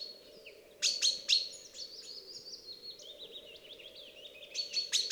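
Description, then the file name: Chaffinch giving bursts of sharp high notes that run into a falling series of chirps, with another burst of loud chips near the end. "Fringilla coelebs"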